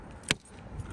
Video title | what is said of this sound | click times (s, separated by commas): MERCEDES-BENZ TIPS AND TRICKS! | and you heard that you just snap it back into place it's really simple | 0.3 s